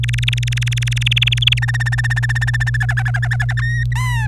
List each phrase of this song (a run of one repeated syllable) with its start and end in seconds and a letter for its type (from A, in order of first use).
0.03-1.59 A, 1.62-2.77 B, 2.80-3.53 C, 3.57-3.83 D, 3.92-4.27 E